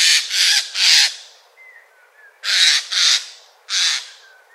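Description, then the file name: Eurasian jay delivering loud raucous screeches in quick clusters, harsh and broad, with a faint whistle between bursts. "Garrulus glandarius"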